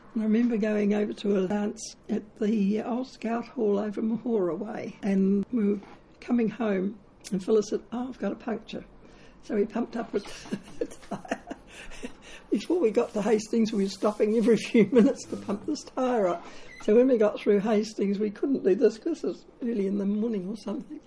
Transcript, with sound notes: I remember going over to a dance at the old Scout hall over Mahora way, and we were coming home and Phyllis said “oh, I’ve got a puncture”. So we pumped up her tyre – [chuckle] before we got to Hastings we were stopping every few minutes to pump this tyre up. So when we got through Hastings we couldn’t do this because it was early in the morning or something,